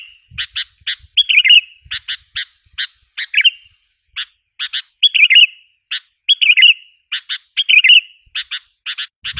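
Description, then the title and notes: Sooty-headed bulbul song: clipped chirp notes in pairs and triplets interleaved with slurred, bubbling whistled phrases, one short pause midway; faint low thumps now and then. "Kicau Burung Kutilang"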